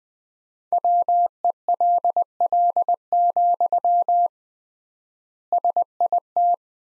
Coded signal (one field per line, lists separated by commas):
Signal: Morse code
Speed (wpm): 20 wpm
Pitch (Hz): 700 Hz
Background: none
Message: WELL, SIT